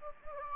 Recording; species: mosquito wingbeat signal from an infrared sensor; Anopheles gambiae